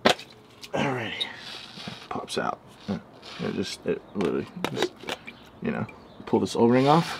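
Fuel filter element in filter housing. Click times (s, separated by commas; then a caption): 0.1 s. The old fuel filter element is pulled out of its plastic housing on a 2017-2024 GMC/Chevy Duramax L5P diesel truck, and it pops free with a sharp crack-like hit at 0.1 s. After that, someone talks, with a few fainter taps along the way.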